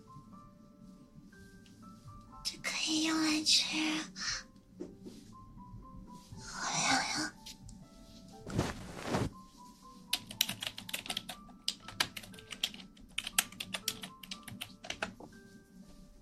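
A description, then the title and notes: Ear cleaning and ear massage sounds: soft rustling swells around the third and seventh seconds, then a sharp brushing swipe near nine seconds. After that come quick, irregular clicky taps and scratches, with a low steady hum underneath throughout. ASMR Ear cleaning & Ear massage.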